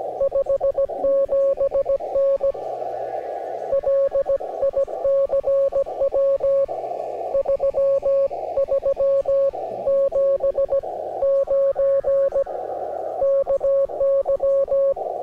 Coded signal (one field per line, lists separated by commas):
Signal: Morse code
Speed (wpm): 17 wpm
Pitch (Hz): 560 Hz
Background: music, radio noise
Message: 57N LICW 3379 KY